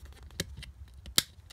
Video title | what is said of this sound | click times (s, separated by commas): Let’s Play- Voss ST24 Typewriter Restoration- Card Guide Repair Tips and Tricks-Day 2 | and then see it, hear it click in there? | 1.2 s